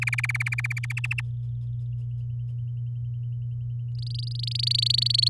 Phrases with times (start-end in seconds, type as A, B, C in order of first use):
0.02-0.93 A, 0.97-1.21 B, 3.95-5.28 C